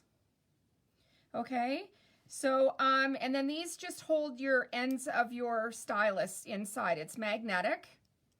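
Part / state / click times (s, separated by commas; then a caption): stylus tip into magnetic holder / not seated / none. Someone talks while handling interchangeable embossing stylus tips and a magnetic holder that stores them. Only speech is heard, with no clicks. Nothing has seated or clicked into the magnetic holder yet.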